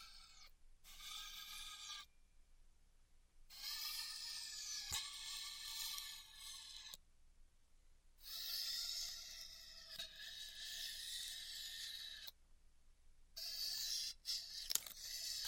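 Styrofoam being heat-cut gives high, wavering squeals and rasping in long bursts of a few seconds, separated by brief quiet gaps and sharp clicks.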